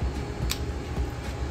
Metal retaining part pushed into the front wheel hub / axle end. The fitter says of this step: and that'll click into place.